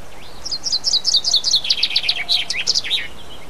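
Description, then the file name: Common chaffinch song, a rapid series of sharp repeated notes. "pinson"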